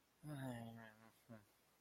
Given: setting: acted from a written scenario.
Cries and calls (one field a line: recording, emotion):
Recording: vocal sound without words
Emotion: shame